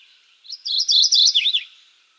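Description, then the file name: Mourning Warbler song: a fast, rolling string of doubled chirps ending in a few lower, down-slurred notes, heard once and clearly. "Geothlypis philadelphia - Mourning Warbler"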